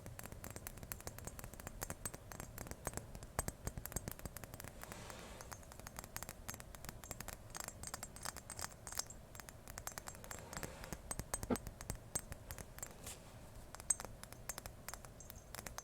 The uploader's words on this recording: Ear to Ear tapping, scratching, brushing (No Talking).